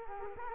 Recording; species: mosquito wingbeat signal from an infrared sensor; Culex quinquefasciatus